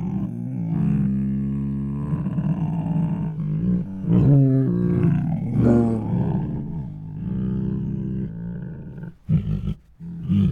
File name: Two Tigers Make Many Moans, Roars and Snores [Sound Ideas]